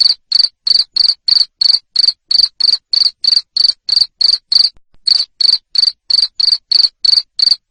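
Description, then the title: Cricket producing a fast, regular series of high-pitched raspy chirps, around three each second, pausing once briefly midway. Loud cricket chirping, played to stimulate lovebirds to sing continuously (ngekek). "Suara JANGKRIK NGERIK Keras Bikin LOVEBIRD Jadi NGEKEK Terus"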